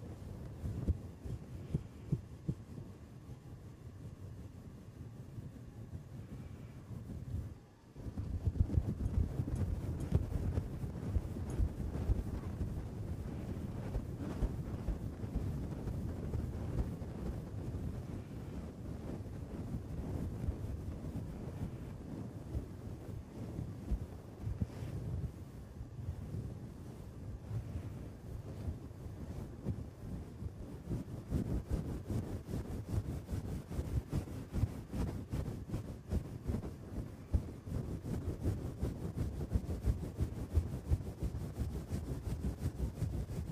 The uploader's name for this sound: ASMR brain scratch // mic touching // head and back scratcher